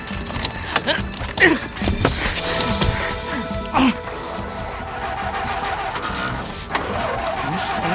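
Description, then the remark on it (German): A car that a group of people have just jumped into starts moving and drives off, its engine rising in a steady rumbling drone, with rough clattering bursts and scraping noise over the first few seconds. “Sie springen in ihren Wagen.”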